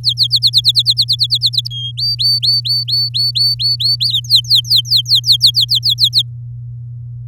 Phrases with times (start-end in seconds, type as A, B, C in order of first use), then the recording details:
0.04-1.68 A, 1.71-1.92 B, 1.97-4.10 C, 4.13-6.22 D. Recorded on 7 May 2018 at 19:28. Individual llb16